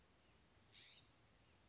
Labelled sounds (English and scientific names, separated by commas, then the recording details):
California Scrub-Jay (Aphelocoma californica)
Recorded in Sonoma County, California